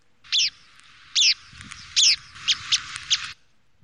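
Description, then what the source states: Blyth's pipit calls: three loud, harsh notes less than a second apart, then a few short, sharp tip notes. Two call types: a Richard's pipit-like call, slightly higher, shorter and of different quality, and a short 'tip tip tip' call, often combined.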